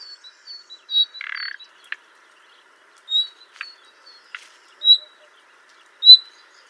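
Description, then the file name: Common nightingale giving short, clear whistled notes at irregular intervals, with one harsh rattling burst and a few dry clicks between them. "Luscinia megarhynchos"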